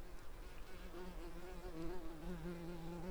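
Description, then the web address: Common carder bee buzzing with a low, steady hum that wavers slightly in pitch, continuous over a few seconds against soft background noise. Workers. "Pascuorum workers"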